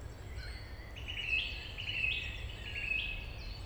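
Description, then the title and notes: Song Thrush singing a bright phrase repeated three times about a second apart, over a constant low background rumble. Route Forestière de la Meunaz, Montcel state forest, Montcel, Savoie, France; a large forest frequented by thrushes and many other birds. "Rte Forestière de la Meunaz, 73100 Montcel, France - Grive musicienne. Forêt domaniale du Montcel, vaste espace forestier , fréquenté par les grives et de nombreux oiseaux"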